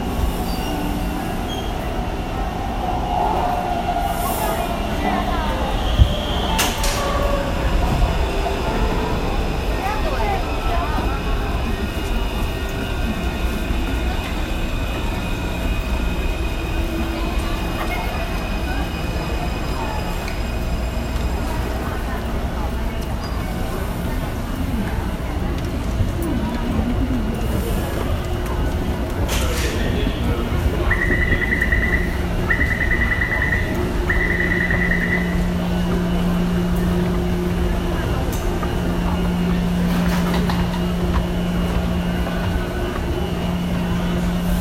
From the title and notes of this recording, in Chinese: 下班時間的忠孝復興捷運站- 聽 ·台北。